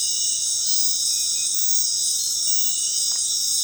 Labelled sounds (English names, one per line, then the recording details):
none
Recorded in dense forest near Puerto Asís, Putumayo, Colombia, on 21 February 2024 at 23:00
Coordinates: 0.502, -76.326
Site G6460